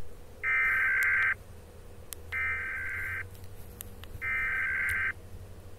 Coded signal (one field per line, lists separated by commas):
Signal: Emergency Alert System (SAME) tones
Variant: header bursts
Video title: EAS scenario